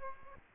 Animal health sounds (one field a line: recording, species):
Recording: mosquito wingbeat signal from an infrared sensor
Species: Aedes aegypti